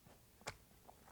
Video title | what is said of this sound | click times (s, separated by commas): Boom Pole Setup and Usage | and you'll hear that kind of clicks or pops into into place there | 0.5 s